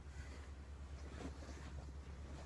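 A rear lift block on a Jeep Cherokee XJ is being lined up between the leaf spring and the axle perch but is not yet aligned. Only a few light handling knocks are heard over a steady low hum and broadband noise. Nothing has seated or clicked yet.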